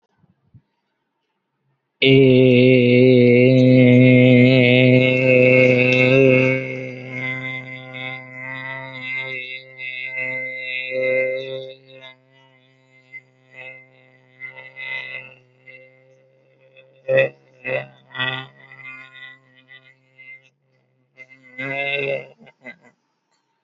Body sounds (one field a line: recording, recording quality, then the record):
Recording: sustained vowel as in made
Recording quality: excellent, no background noise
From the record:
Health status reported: healthy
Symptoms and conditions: none ticked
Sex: male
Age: 20 years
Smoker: not ticked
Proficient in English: yes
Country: India